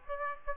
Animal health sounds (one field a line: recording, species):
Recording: mosquito wingbeat signal from an infrared sensor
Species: Aedes aegypti